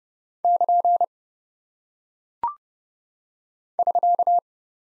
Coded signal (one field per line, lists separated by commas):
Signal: Morse code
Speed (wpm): 30 wpm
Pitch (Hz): 700 Hz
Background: none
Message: <KN> <SK>